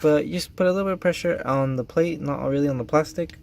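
A replacement VANOS solenoid is being pressed by hand into its bore in the engine front cover, with pressure applied to the metal mounting plate rather than the plastic body. Only someone talking is heard. Nothing has seated or clicked yet.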